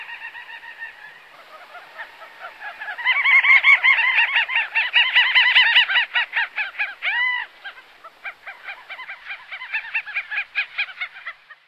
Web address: Songs of Birds of North America Stokes. Dovekie